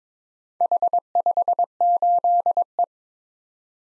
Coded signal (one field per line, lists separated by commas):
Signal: Morse code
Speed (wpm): 22 wpm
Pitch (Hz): 700 Hz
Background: none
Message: H58E